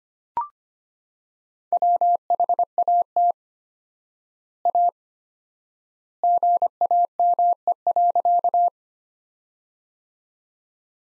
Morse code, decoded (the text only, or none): WHAT A GAME.